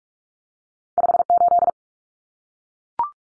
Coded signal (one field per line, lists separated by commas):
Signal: Morse code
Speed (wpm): 44 wpm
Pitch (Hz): 700 Hz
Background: none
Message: 58